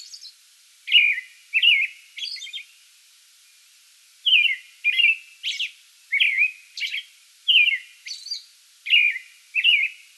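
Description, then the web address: American robin singing a few whistled phrases, then a brief pause, then a steady series of caroling phrases with high squeaky notes. Pre-dawn song bout recorded 8 May 2022. "soundrecordings 2022-05-08 American Robin pre-dawn song bout"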